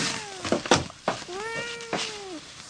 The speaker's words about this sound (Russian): Что, мяу? Сейчас покормлю.